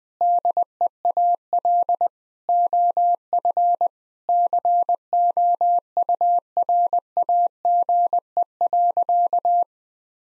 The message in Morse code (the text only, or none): DEAL OF COURAGE.